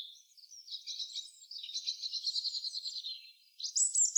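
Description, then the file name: European robin singing a continuous, rippling high warble with a rapid trilled section, ending in a sharp, thin whistled note. "Erithacus rubecula"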